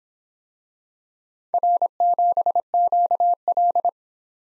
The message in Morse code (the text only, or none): R7QL